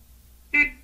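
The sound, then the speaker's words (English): A single short, bright car horn honk with a buzzy, tonal sound, lasting a fraction of a second over a quiet low rumble, with no talking. “What is it? It's a car.”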